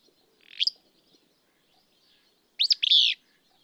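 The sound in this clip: Willow flycatcher giving a single rising buzzy note, then about two seconds later its full hoarse two-part phrase.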